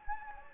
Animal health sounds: mosquito wingbeat signal from an infrared sensor; Anopheles gambiae

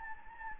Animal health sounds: mosquito wingbeat signal from an infrared sensor; Anopheles gambiae

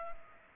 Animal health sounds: mosquito wingbeat signal from an infrared sensor; Culex pipiens

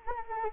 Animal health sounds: mosquito wingbeat signal from an infrared sensor; Anopheles gambiae

